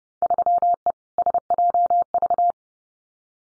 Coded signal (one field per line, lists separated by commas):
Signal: Morse code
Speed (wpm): 30 wpm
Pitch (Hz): 700 Hz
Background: none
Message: 3E SJV